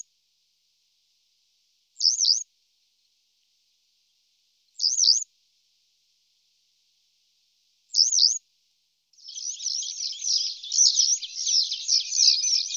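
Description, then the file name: Western yellow wagtail calling: three slurred high notes about three seconds apart, then a dense buzzy high chatter filling the last few seconds. "motacilla flava"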